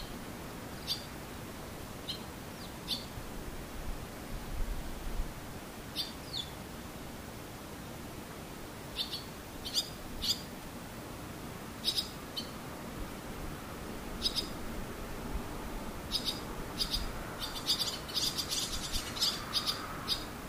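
Swallows chirp in short, bright bursts, a few seconds apart at first and coming thicker and faster in the last five seconds. Underneath runs a steady, even rushing hiss with a low rumble.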